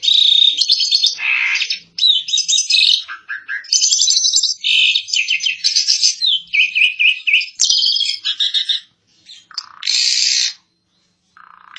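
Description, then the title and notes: Asian pied starling song, a continuous run of harsh chatters, squeaky whistles and buzzy notes, varied phrases following each other with only brief breaks, the longest near the end. Song compilation used for tutoring captive songbirds, the masteran style of training birds to copy song. "jalak_suren. Kumpulan Bermacam macam Kicauan Burung Masteran"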